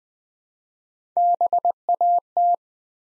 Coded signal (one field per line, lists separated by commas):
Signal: Morse code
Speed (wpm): 20 wpm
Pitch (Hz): 700 Hz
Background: none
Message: BAT